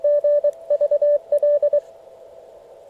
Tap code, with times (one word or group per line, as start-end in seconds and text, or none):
none